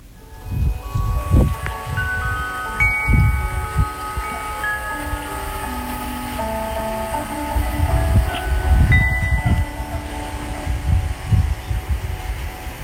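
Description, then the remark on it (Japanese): Wind chimes at the Minpika shaved-ice shop ring out in the evening, after closing, with many overlapping sustained tones at different pitches while gusts of wind rumble and swell underneath. A thin, steady high-pitched cicada buzz hums faintly in the background throughout. “ミンピカさんというかき氷屋さんで、営業が終わってゆっくりしてる時に夕方のチャイムが鳴って、風も吹いて、あのウィンドウチャイムも一緒に鳴っていて、それが綺麗だったから撮ってみました。後ろで高音でジーって言ってるのはセミですよ。”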